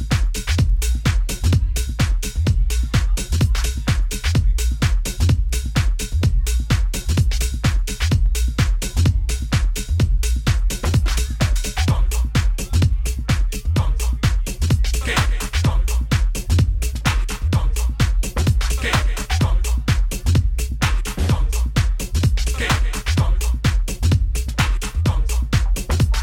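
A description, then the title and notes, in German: A soundscape from Jesendorf, filled by a fast, perfectly regular pounding with deep low thumps several times a second. The beat keeps the same loudness and pace for the whole stretch, with a dense, bright clatter over it and no clear pauses. Klangkulisse Jesendorf.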